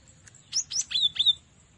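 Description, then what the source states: Cinereous tit chirping: four sharp, high, downslurred notes in quick succession, each falling steeply, with a faint tick before them. Masteran (training recording for cage birds).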